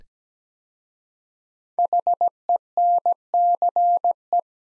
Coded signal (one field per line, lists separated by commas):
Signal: Morse code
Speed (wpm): 17 wpm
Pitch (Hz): 700 Hz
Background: none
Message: HENCE